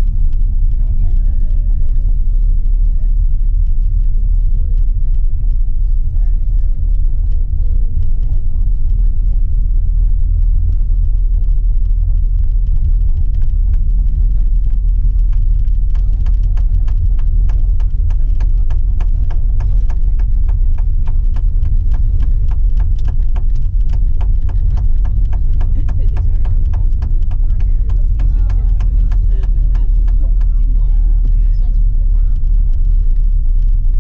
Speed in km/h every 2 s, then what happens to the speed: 22, 22, 23, 24, 24, 25, 26, 27, 28, 28, 29, 28, 28, 26, 23, 22, 21.
0-21 steady at about 25. 21-34 slows to 21.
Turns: none.